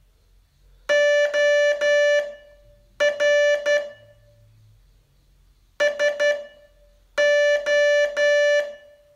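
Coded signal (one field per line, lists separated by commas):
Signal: Morse code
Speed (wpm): 11 wpm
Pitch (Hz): 580 Hz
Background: music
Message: OR SO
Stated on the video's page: Day 35 test of a 42-day Morse training course.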